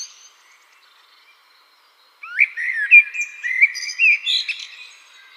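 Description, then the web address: Eurasian blackbird song: after two quiet seconds, a run of fluty, warbled notes near the middle of its range, rising and falling, ending in thinner, higher twitters. "Schulze Peter Eurasian Blackbird"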